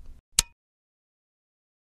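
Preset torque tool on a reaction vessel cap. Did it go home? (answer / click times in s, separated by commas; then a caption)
yes / 0.4 s. A preset torque tool tightens the top of a microwave reaction vessel. It gives a sharp, bright click at 0.4 s as it reaches its setting, after a faint low rustle at the start. The rest of the clip is silent.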